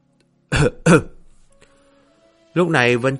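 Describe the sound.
Two short, dry coughs in quick succession, voiced in imitation and deliberately forced by the character Dương Khánh in an audiobook story, followed after a pause by a person starting to speak.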